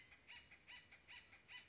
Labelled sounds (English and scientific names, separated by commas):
Acorn Woodpecker (Melanerpes formicivorus)